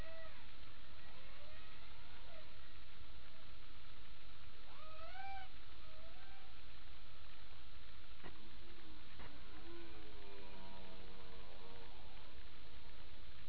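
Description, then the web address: Humpback whale song units: rising and falling moans and upsweeps, then a series of stacked pulsed tones, heard through heavy underwater hiss. Recorded 28 April 2009 at 22:31 by passive acoustic sensing with a HARP recorder. "Passive Acoustic Sensing Humpbacks In HARPdata 20090428 223127 Humpb"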